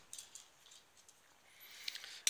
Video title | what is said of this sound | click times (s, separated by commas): Combiner Wars Devastator - Transformers Review Part 1 | the feet up like so click them into place bring these bits down | 2.3 s